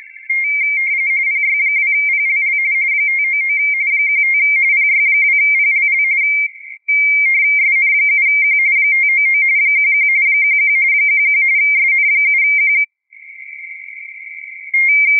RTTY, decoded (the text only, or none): PY2PLL 599 15 PY2PLL SN7Q 599 11 11 11 SN7Q